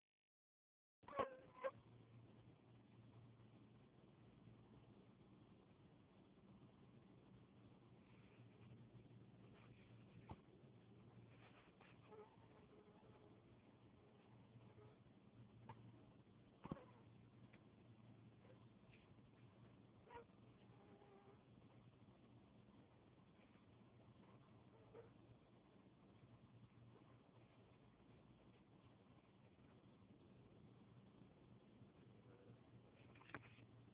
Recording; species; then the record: mosquito flight sound by mobile phone; Anopheles dirus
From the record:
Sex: male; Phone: Huawei 866C